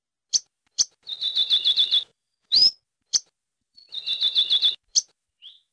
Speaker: As you listen to the song of the akikiki